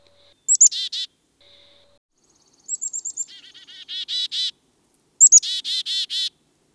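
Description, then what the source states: Black-capped Chickadee chickadee-dee calls: a few very high, thin introductory notes followed by runs of harsh, raspy buzzing notes, given in several bouts. The call that names the species: two or more high introductory notes followed by a series of raspy 'dee' notes.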